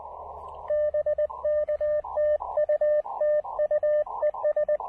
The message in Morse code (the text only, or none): BKTUTUES